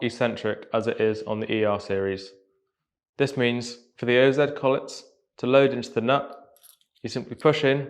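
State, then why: Not seated. An OZ-series metal router spindle collet is being handled with its collet nut, to be pushed straight in. Someone talks throughout, with a pause in the middle, and no sharp click is heard. Nothing has seated or clicked yet.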